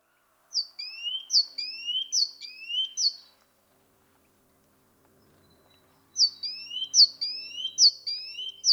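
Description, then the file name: Great tit song: a high note followed by a lower rising note, repeated briskly in a run, a pause of about three seconds, then another run. "Parus major"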